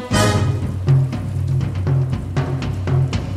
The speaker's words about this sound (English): Tiki's play the drums.